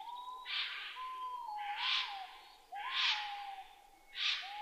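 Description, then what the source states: White-bellied green pigeon giving a long, wavering fluted whistle with small rises, while several harsh bursts of noise break in. Recorded 10 May 2010 at 06:19.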